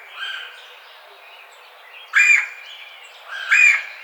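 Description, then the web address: Red-bellied woodpecker delivering two loud, grating rolled calls near the end, preceded by a fainter one, against light background noise. Recorded on 4 May 2009. "Red-bellied Woodpecker 2009 05 04"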